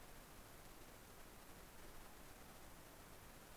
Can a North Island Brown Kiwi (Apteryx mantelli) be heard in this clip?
no